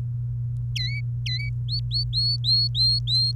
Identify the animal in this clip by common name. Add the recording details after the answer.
Domestic Canary. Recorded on 28 April 2018 at 08:58. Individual llb3